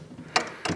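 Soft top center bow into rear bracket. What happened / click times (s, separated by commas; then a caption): The frame bow clipped into its bracket / 0.4 s. Center bow number two of a Quadratec Complete SoftTop for a Jeep Wrangler JL is fitted onto the still-loose rear bracket above the rear seats. A loud thunk is heard at 0.4 seconds as the bow clips into the bracket and seats, followed by a second, softer thunk at about 0.7 seconds.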